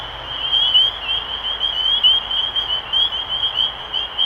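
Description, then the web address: Spring peepers peeping, clear high upward-sliding notes overlapping in a busy chorus. Recorded 23 March 2012. "rob animals Peepers-2012-0323"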